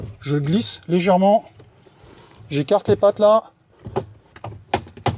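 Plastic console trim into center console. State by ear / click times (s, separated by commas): seated / 4.7 s, 5.1 s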